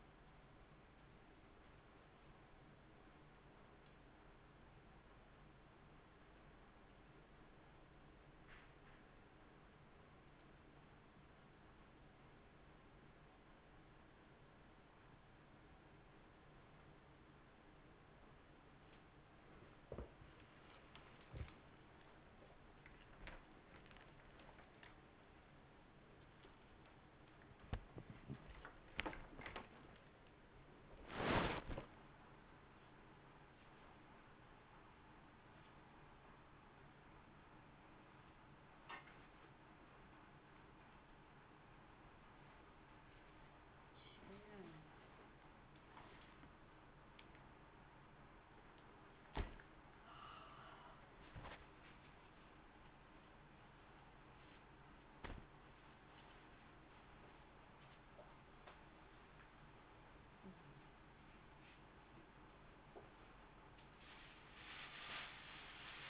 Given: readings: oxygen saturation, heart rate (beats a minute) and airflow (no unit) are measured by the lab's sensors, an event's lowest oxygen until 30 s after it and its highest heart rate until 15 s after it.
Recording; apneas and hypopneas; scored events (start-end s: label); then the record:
a person awake in a sleep study, by a voice recorder at the bedside; none
0.00-66.10 s: awake
0.00-66.10 s: awake
From the record:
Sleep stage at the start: awake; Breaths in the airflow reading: 22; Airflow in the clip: -0.9 to 0.8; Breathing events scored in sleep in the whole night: 328 in 6.3 hours asleep